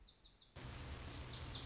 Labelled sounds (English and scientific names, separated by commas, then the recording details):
Lazuli Bunting (Passerina amoena)
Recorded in Sonoma County, California